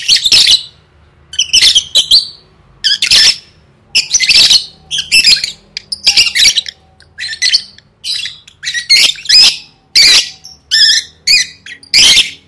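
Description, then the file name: Lovebird squawks, loud and raspy, given as many short bursts throughout. "tieng vet mau don"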